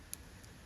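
A small metal wire jump ring on a beaded earring is pressed closed until its ends snap together. A single short, sharp click is heard at 0.1 s, and the ring seats, popping into place.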